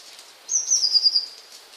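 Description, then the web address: Eurasian blue tit song: one high, even trill of rapid notes lasting under a second, with faint background hiss. "wroblowe kolekcja modraszka"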